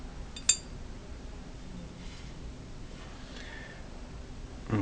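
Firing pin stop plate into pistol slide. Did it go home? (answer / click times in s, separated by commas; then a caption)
no / none. A metal firing pin stop plate is pushed down into a pistol slide, where it is expected to snap into place. A brief metallic clink is heard around 0.5 s, with a fainter one just before it, and then only low background noise. No seating click follows, and the plate has not seated yet because it is cocked rather than square.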